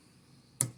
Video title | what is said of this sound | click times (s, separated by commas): Troubleshooting front headlight on a 07 -10 Cadillac Escalade | there you go until it clicks | 0.6 s